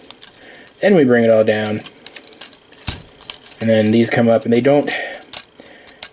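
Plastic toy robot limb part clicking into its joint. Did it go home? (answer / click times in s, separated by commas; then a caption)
partly / 6.0 s. A plastic limb part of a Transformers Robots in Disguise 2015 Warrior Steeljaw toy robot is raised into position during transformation, with small plastic clicks and handling taps while someone talks. A small click is heard at 6.0 s as the part goes into its joint, but it clicks weakly and the hold is not very secure.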